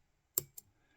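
Pin 3 of a pin tumbler lock cylinder is clicked a second time, lifted with a LISHI AM5 2-in-1 pick and decoder. It gives a sharp, bright click at 0.4 s followed by a fainter tick at about 0.6 s, in an otherwise quiet clip. The pin is now set, showing the same jiggle as the pins already set.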